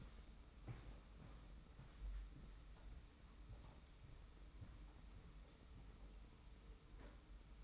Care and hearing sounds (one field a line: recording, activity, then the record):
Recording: daily activity, microphone in the room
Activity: walk to room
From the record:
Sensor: 1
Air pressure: 991.1 hPa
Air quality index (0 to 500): 91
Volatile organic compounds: 32 ppm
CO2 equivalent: 3004 ppm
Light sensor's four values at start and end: 35/113/44/46 and 35/114/44/46